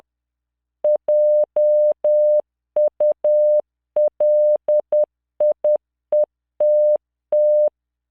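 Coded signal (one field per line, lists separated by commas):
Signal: Morse code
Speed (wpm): 10 wpm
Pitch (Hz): 600 Hz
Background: none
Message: JULIETT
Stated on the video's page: Morse practice drill at 10 WPM, 600 Hz tone, standard 3-dot spacing, generated by LearningMorse V.0.83 software under Wine on Xubuntu.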